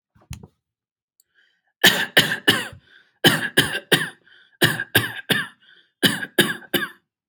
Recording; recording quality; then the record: shallow voluntary cough; excellent, no background noise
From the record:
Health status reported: healthy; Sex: male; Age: 37 years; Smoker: yes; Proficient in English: yes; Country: India